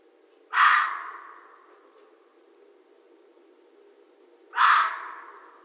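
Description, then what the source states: Red fox uttering two loud, scratchy calls roughly four seconds apart. Each has a sharp onset and a long fading tail, with quiet between them. Recorded 13 January 2012.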